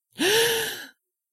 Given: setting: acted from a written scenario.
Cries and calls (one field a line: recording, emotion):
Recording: vocal sound without words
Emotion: distress